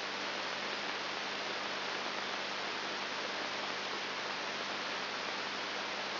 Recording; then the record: brain microelectrode recording played as sound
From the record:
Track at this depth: inside the subthalamic nucleus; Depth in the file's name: 3.701 mm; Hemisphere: left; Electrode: 3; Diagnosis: Parkinson's disease